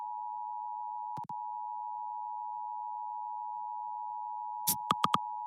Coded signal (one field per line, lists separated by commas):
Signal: Emergency Alert System (SAME) tones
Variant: 853 and 960 Hz attention tone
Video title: SPECIAL EDITION: DX Central Live | Auroral Enhancement | Sunday, February 26, 2023